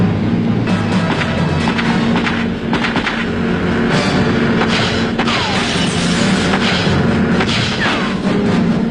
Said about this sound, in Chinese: 他们合作与开始行动的警方在海上展开了一场激烈的枪战。